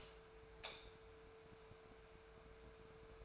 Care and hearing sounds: daily activity, microphone in the room; light off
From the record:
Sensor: 2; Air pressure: 1014.4 hPa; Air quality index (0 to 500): 172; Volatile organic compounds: 11 ppm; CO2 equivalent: 2276 ppm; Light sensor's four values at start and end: 15/40/16/17 and 11/27/11/12

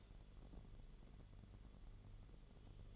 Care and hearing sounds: daily activity, microphone in the room; light on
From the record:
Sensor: 4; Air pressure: 1008.7 hPa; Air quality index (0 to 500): 90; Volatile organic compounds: 1 ppm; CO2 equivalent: 684 ppm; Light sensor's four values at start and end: 12/27/11/10 and 12/29/11/11

